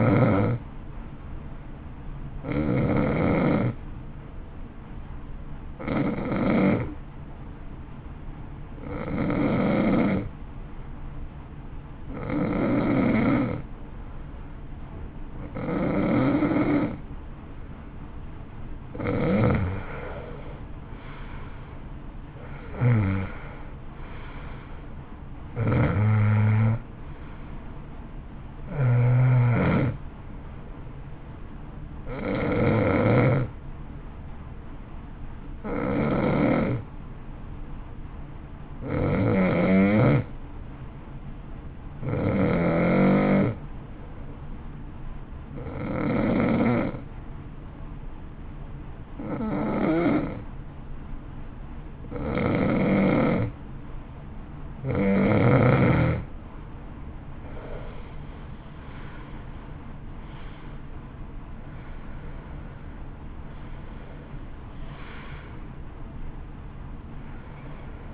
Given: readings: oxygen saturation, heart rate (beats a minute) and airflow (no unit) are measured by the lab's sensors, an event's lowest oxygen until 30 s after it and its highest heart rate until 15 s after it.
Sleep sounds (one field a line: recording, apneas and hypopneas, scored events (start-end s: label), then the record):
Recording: breathing in sleep by a smartphone at the bedside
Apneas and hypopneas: 2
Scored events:
3.00-20.40 s: hypopnea (N2, oxygen 91% highest, then 87% lowest, heart rate 58 at the start, 62 highest)
33.00-54.10 s: hypopnea (N2, oxygen 93% highest, then 89% lowest, heart rate 57 at the start, 63 highest)
55.00-68.13 s: new sleep stage, N1 (lightest sleep)
From the record:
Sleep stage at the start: N2 (light sleep)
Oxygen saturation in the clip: 87 to 93%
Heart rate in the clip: 54 to 63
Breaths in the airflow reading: 21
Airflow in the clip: -12.8 to 12.4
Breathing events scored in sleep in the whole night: 328 in 6.3 hours asleep